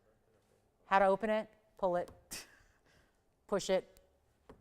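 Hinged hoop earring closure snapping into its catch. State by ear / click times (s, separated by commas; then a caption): seated / 4.5 s. Someone talks while pulling open the hinged closure of a fine-jewelry hoop earring and pushing it shut. A short, quiet tick is heard at 4.5 s as the closure snaps into its catch and seats.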